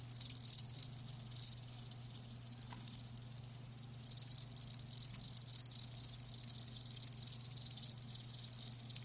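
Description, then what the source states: Crickets chirp softly and irregularly in high, thin bursts over a steady low hum. Live crickets chirping, a lulling song.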